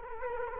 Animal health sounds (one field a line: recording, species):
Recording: mosquito wingbeat signal from an infrared sensor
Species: Culex quinquefasciatus